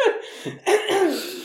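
Two brief spontaneous coughs, almost like throat clearing, from an adult woman in a quiet room.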